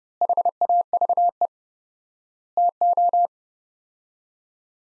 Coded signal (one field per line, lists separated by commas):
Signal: Morse code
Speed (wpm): 28 wpm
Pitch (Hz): 700 Hz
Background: none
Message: HAVE TO